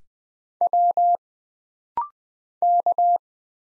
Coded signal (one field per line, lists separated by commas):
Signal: Morse code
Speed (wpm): 20 wpm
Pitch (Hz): 700 Hz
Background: none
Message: W K